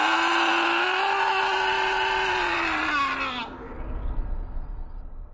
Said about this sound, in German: Und in diesem Moment gelang es dem Schrei, sich zu befreien.